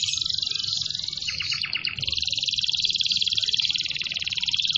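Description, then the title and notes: Canary song, a dense high trill running throughout, with a brief lower rattling phrase in the middle before the steady fast trill resumes. "kenari"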